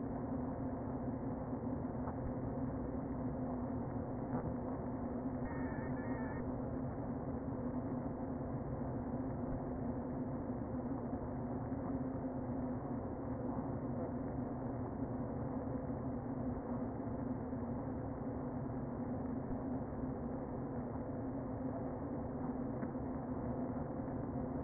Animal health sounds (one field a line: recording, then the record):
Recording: honeybee colony, microphone inside the hive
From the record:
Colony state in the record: queen present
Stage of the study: before two queens were removed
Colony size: about 60,000 bees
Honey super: yes